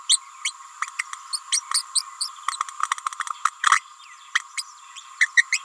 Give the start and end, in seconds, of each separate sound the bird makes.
0.09-0.19, 0.44-0.52, 1.32-1.40, 1.52-1.62, 1.74-1.83, 1.95-2.02, 2.20-2.29, 3.45-3.49, 3.63-3.79, 4.35-4.41, 4.58-4.62, 4.96-5.00, 5.20-5.28, 5.36-5.44, 5.52-5.59